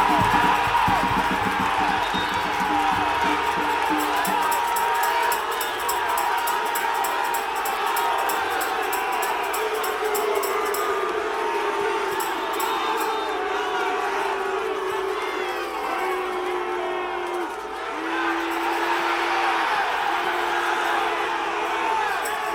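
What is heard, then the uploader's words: Birmingham Legion FC fans fill the stadium with a dense, steady roar of crowd noise, voices blending into a continuous wash. Shouts and whoops rise out of the mass throughout, and a few sustained horn-like tones sound repeatedly in the second half. Sounds of 18,418 Birmingham Legion FC Fans.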